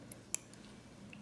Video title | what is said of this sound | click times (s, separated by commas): Ahmad Muzakky_220010017_Basic surgical skill2 | kemudian sistemnya terdengar bunyi kliknya lalu | 0.3 s